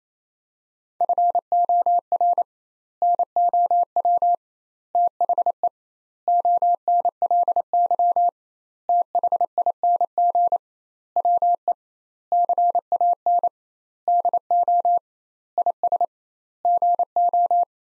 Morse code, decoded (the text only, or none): FOR NOW THE ONLY THING WE CAN DO IS GO